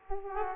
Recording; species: mosquito wingbeat signal from an infrared sensor; Aedes aegypti